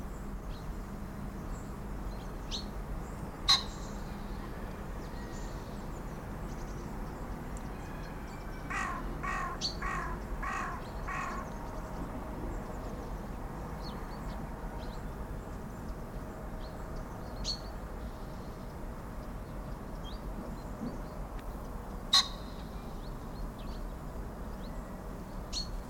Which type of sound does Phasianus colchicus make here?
call